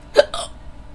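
A single sharp hiccup from an adult woman late at night: a brief abrupt gulping sound followed by a soft breathy release. The hiccups have been coming and going for about 15-20 minutes.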